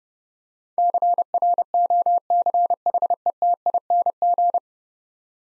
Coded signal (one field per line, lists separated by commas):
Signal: Morse code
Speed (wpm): 30 wpm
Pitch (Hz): 700 Hz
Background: none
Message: CROCHETING